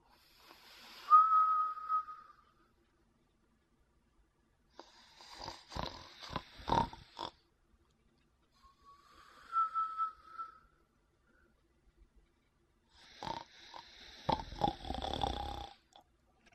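An adult snoring while asleep.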